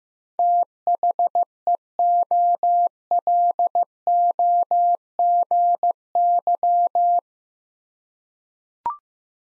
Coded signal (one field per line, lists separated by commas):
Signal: Morse code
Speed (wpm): 15 wpm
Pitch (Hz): 700 Hz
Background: none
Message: THEOLOGY